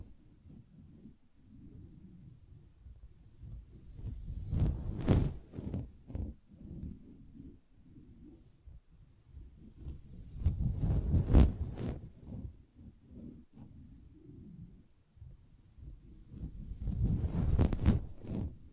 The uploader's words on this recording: ASMR Soft Fabric Surface Tapping & Scratching (No Talking).